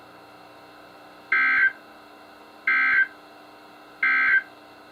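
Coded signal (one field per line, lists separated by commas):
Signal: Emergency Alert System (SAME) tones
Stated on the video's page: Marine warnings and tests from NOAA weather radio station KHB36, received on multiple weather radios.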